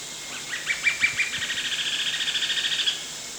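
Buff-necked woodpecker call: a few separate sharp notes that quicken into an even, rapid trilled series lasting about one and a half seconds, over a quiet background hiss.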